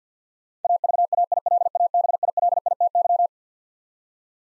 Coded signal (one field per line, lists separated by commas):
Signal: Morse code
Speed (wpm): 50 wpm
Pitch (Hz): 700 Hz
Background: none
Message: AVAILABILITY